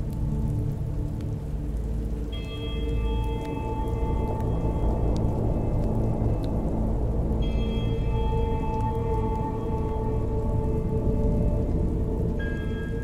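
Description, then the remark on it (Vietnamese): Heavy rain pours down in a dense, unbroken roar, while sustained high tonal hums fade in and out over the steady downpour. No one speaks. “Lửa còn đang cháy lên ngùn ngụt, bất chấp trời mưa tầm tã.”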